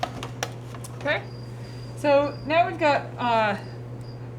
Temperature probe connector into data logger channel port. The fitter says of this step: and i'll just click in place like that